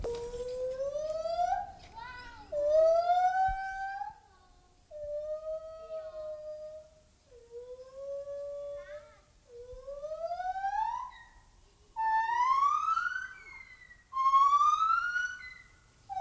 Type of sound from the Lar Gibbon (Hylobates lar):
call